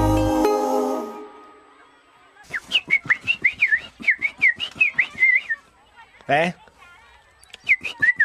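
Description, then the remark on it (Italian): After a brief buzzy tone at the start, someone whistles a tune in short, bright, wavering high notes, broken by a sudden sharp burst before the melody resumes. “Tu come ti stai preparando a questa nuova stagione? Fischietto.”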